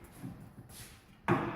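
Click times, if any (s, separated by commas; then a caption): none. An ad-lib MealMeter feed dispenser is handled at the drop hole of a lactation feeder boot, with simple pliers locked into the hole, as it is slid in and turned back to twist-lock. Quiet low rustling handling noise is followed by a sudden, much louder broadband burst at about 1.3 s that lasts to the end. Nothing has seated or clicked yet.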